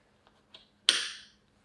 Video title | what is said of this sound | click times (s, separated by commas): SUNVENO 3 in 1 Ergonomic Hip Seat Carrier | I have to hear the clicking cell to make sure that it's being secure | 0.9 s